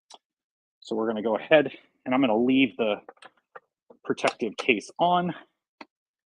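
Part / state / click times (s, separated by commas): card reader into its protective case / seated / 5.8 s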